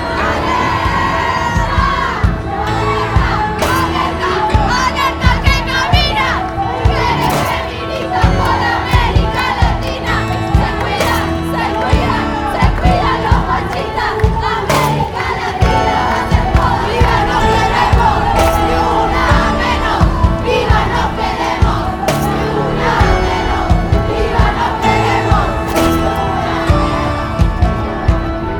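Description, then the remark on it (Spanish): A large protest crowd shouts rhythmic chants in unison, a loud, dense roar of many voices that never lets up, punctuated by sharp percussive hits every few seconds. “¿Por qué grita esa mujer?”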